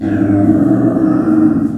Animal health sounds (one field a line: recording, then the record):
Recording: squeal of a Yucatan mini pig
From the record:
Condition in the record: after surgery on the right vocal fold (resection and tissue-engineered implant)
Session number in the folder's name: 4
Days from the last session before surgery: 26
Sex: female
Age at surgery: 19 weeks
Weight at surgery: 25 kg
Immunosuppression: prednisolone